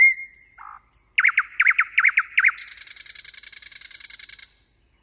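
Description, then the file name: Common nightingale, a whistle and low churr, then several loud zigzag notes in quick succession leading into a long buzzing rattle and one high closing note. "Nattergal"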